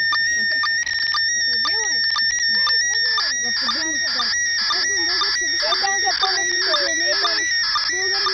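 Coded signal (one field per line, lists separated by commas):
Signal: SSTV (slow-scan television)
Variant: PD 120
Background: speech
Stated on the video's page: SSTV images used in a children's code-labyrinth game run by a radio club, decoded as a puzzle task.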